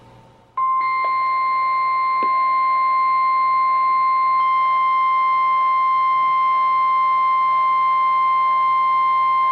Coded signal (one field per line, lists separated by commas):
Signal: Emergency Alert System (SAME) tones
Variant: 1050 Hz attention tone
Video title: EAS #128-#133: Slight Risk | KHB36 & WXM42